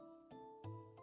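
A plastic part of an RG RX-93 Nu Gundam Clear Color Gunpla model kit that was not going in is handled against its mating peg or socket, with faint plastic taps at about 0.3 s, 0.6 s and 1.0 s under steady background music. Nothing has seated or clicked yet; the part is not home.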